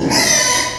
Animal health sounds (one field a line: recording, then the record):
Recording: squeal of a Yucatan mini pig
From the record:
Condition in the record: before surgery on the right vocal fold (resection and tissue-engineered implant)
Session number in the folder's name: 2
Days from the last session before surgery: 0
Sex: male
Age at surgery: 12 weeks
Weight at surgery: 13 kg